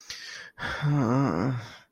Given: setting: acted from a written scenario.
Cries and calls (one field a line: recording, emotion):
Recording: vocal sound without words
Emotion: shame